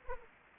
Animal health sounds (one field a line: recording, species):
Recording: mosquito wingbeat signal from an infrared sensor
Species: Anopheles arabiensis